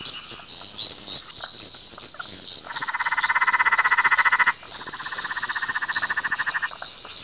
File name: litoria peronii